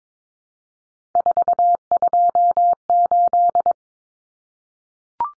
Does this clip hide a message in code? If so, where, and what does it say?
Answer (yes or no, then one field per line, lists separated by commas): yes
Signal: Morse code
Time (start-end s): 1.2-3.7 s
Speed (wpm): 22 wpm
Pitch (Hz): 700 Hz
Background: none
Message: 428